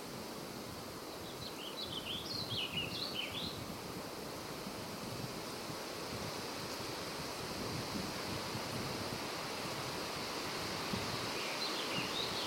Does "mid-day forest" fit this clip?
yes